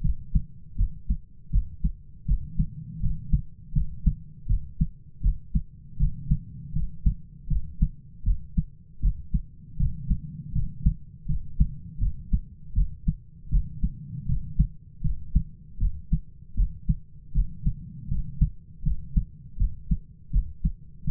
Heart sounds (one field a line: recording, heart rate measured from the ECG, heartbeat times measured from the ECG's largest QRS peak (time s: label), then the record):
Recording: heart sounds by stethoscope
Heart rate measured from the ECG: 80 bpm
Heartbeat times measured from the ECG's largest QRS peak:
0.02 s: heartbeat
0.76 s: heartbeat
1.51 s: heartbeat
2.26 s: heartbeat
3.01 s: heartbeat
3.73 s: heartbeat
4.47 s: heartbeat
5.21 s: heartbeat
5.98 s: heartbeat
6.74 s: heartbeat
7.48 s: heartbeat
8.24 s: heartbeat
9.00 s: heartbeat
9.78 s: heartbeat
10.53 s: heartbeat
11.27 s: heartbeat
11.99 s: heartbeat
12.74 s: heartbeat
13.50 s: heartbeat
14.27 s: heartbeat
15.02 s: heartbeat
15.78 s: heartbeat
16.55 s: heartbeat
17.33 s: heartbeat
18.09 s: heartbeat
18.84 s: heartbeat
19.57 s: heartbeat
20.31 s: heartbeat
21.05 s: heartbeat
From the record:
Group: healthy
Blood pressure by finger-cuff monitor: 114/68 mmHg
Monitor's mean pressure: 84 mmHg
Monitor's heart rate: 80 bpm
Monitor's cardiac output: 7.9 L/min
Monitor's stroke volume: 98 mL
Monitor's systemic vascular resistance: 780 dyn s/cm5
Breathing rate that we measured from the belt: 16 breaths a minute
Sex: male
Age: 33 years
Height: 179 cm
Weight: 80.4 kg